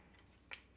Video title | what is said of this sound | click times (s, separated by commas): Weekly Update #25-45: Exoplanet Colony Tour | snaps in place. This is a three fit, so | 0.5 s